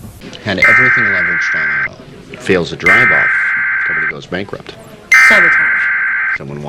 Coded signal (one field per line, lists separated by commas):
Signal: Emergency Alert System (SAME) tones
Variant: header bursts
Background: speech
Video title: June 3, 2008 Severe/Tornado Warning Coverage: Southwest Ohio